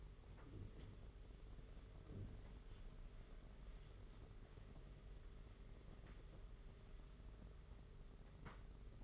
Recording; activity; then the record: daily activity, microphone in the room; wipe stove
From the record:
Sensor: 4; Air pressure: 992.2 hPa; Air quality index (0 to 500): 110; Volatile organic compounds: 18 ppm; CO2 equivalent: 2637 ppm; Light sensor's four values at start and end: 22/77/28/30 and 22/76/28/30